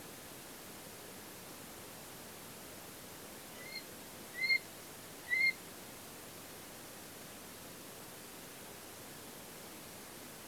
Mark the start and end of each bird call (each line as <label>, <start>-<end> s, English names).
Little Grebe, 3.56-3.85 s
Little Grebe, 4.33-4.64 s
Little Grebe, 5.28-5.56 s